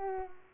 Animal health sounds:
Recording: mosquito wingbeat signal from an infrared sensor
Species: Culex pipiens

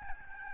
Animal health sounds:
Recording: mosquito wingbeat signal from an infrared sensor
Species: Aedes albopictus

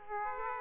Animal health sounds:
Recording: mosquito wingbeat signal from an infrared sensor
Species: Aedes aegypti

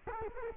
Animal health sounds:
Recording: mosquito wingbeat signal from an infrared sensor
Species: Culex quinquefasciatus

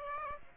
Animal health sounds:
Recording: mosquito wingbeat signal from an infrared sensor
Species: Aedes aegypti

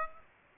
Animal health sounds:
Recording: mosquito wingbeat signal from an infrared sensor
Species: Aedes aegypti

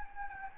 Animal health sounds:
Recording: mosquito wingbeat signal from an infrared sensor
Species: Anopheles gambiae

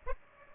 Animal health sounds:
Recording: mosquito wingbeat signal from an infrared sensor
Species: Aedes aegypti

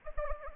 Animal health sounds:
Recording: mosquito wingbeat signal from an infrared sensor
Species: Anopheles gambiae

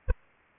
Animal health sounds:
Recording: mosquito wingbeat signal from an infrared sensor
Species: Aedes aegypti

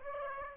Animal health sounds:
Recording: mosquito wingbeat signal from an infrared sensor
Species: Aedes aegypti

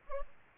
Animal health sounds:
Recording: mosquito wingbeat signal from an infrared sensor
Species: Aedes albopictus

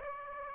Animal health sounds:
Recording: mosquito wingbeat signal from an infrared sensor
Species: Aedes aegypti

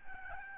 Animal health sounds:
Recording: mosquito wingbeat signal from an infrared sensor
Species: Aedes albopictus

